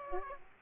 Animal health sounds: mosquito wingbeat signal from an infrared sensor; Aedes aegypti

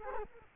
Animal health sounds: mosquito wingbeat signal from an infrared sensor; Culex quinquefasciatus

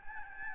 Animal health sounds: mosquito wingbeat signal from an infrared sensor; Aedes albopictus

